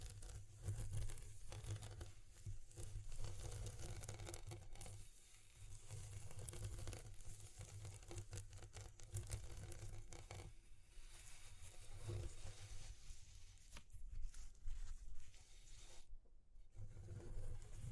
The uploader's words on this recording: ASMR Exploring Textures (No Talking).